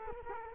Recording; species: mosquito wingbeat signal from an infrared sensor; Culex quinquefasciatus